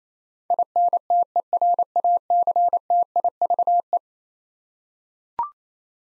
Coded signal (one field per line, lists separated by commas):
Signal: Morse code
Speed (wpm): 28 wpm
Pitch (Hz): 700 Hz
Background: none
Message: INTERACTIVE